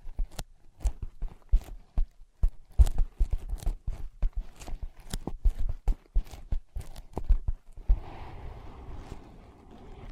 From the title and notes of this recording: ASMR Using Ear Pads as Your Ears Tapping, Scratching, Tracing No Talking.